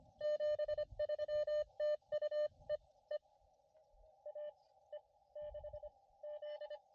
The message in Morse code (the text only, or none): 73 TU E E AE6Z